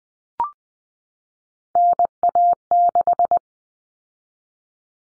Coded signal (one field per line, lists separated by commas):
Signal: Morse code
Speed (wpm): 20 wpm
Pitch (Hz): 700 Hz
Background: none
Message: NA6